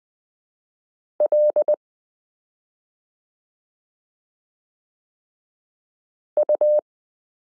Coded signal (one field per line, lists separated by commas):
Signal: Morse code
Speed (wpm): 20 wpm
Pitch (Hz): 600 Hz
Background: none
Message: L U